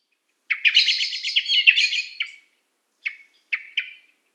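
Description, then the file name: Common blackbird chattering call: a fast, harsh run of clipped notes for about two seconds, then three short separate chinks, against a quiet background. "Turdus merula"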